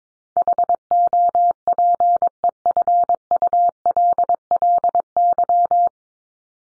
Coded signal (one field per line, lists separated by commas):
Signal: Morse code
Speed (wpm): 22 wpm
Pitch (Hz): 700 Hz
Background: none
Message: HOPEFULLY